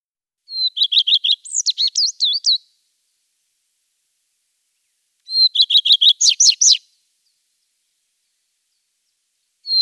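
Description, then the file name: Common redstart singing brief phrases of rapid, evenly repeated high notes that break into a varied, swooping flourish, with a long pause before each new phrase starts. "Gartenrotschwanz"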